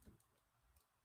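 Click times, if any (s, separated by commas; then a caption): none. The plastic head of a Marvel Legends Knull action figure is handled against its neck ball joint, with a low thump near the start and faint, soft ticking rustles through the rest of the clip. The head has not seated or clicked onto the neck peg yet.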